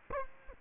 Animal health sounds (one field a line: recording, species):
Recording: mosquito wingbeat signal from an infrared sensor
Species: Culex quinquefasciatus